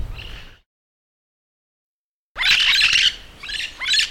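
Yellow-shouldered parrot squawking: one brief harsh note, a silent gap, then a burst of rough, chattering squawks followed by two more.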